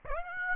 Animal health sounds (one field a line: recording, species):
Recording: mosquito wingbeat signal from an infrared sensor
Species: Aedes aegypti